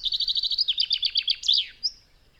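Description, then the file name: Common chaffinch song phrase: a fast series of high repeated notes, shifting into lower, spaced chirps, then a sharp closing flourish and a final thin note. "Fringilla coelebs"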